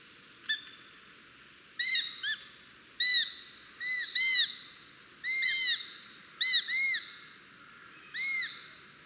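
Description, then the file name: Eurasian sparrowhawk calling in a run of high, arched notes, some doubled, at an uneven pace, each fading away afterwards. "sperwer"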